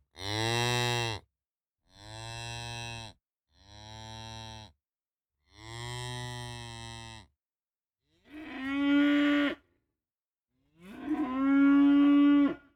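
Cattle: young bull mooing several times at uneven intervals, the first calls deep and nasal, the last two higher, louder and more strained.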